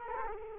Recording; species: mosquito wingbeat signal from an infrared sensor; Culex quinquefasciatus